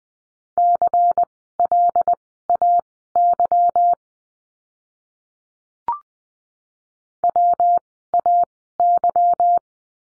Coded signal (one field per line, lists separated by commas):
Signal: Morse code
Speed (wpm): 20 wpm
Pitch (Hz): 700 Hz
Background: none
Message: CLAY WAY